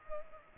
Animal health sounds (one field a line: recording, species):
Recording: mosquito wingbeat signal from an infrared sensor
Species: Culex pipiens